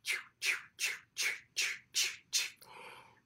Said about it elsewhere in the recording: We had an ultrasound machine when Ro was pregnant. We'd look for the baby's heartbeat, which sounds like this.